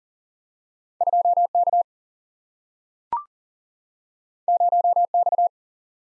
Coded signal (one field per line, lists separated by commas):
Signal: Morse code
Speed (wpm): 40 wpm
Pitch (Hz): 700 Hz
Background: none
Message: 2K 0X